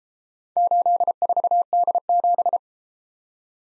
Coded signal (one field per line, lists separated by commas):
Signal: Morse code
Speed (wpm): 32 wpm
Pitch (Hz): 700 Hz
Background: none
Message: 84D7